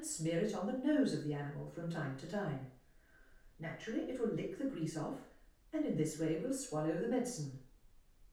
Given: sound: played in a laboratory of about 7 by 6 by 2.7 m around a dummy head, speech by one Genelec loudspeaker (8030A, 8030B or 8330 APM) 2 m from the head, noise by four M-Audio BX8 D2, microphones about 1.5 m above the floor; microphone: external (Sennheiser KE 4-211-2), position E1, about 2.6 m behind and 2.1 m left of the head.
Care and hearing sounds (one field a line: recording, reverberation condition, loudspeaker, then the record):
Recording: female speech in English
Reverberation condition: medium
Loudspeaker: 60 degrees to the right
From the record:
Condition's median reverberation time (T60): about 510 ms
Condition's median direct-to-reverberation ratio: about -0.5 dB